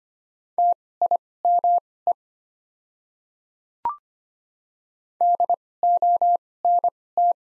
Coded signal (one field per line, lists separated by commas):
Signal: Morse code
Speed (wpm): 25 wpm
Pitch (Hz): 700 Hz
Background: none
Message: TIME DONT